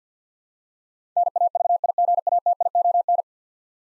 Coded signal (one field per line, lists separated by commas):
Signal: Morse code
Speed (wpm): 50 wpm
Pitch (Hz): 700 Hz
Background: none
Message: NAVIGATION